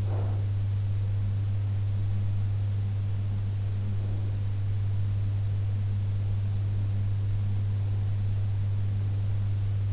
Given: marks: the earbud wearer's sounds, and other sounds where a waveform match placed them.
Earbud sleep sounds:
sounds in sleep by an in-ear microphone; breath
0.00-0.64 s: breath

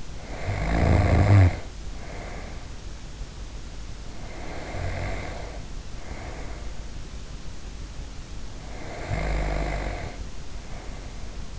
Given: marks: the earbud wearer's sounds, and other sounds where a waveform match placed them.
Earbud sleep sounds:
sounds in sleep by an in-ear microphone; snoring breath
0.00-2.77 s: snoring breath
4.00-6.97 s: snoring breath
8.52-11.59 s: snoring breath

